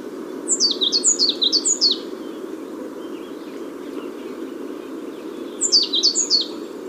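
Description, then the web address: African blue tit calls, two quick series of high descending notes, one at the start and one near the end, over a constant low hum. Tenerife, Canary Islands. "wroblowe ptaki cyanistes teneriffae"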